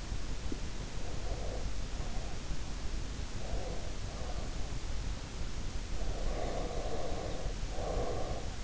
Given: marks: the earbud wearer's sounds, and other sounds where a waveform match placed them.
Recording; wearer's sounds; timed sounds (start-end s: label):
sounds in sleep by an in-ear microphone; breath
0.72-2.67 s: breath
3.38-5.01 s: breath
5.92-8.64 s: breath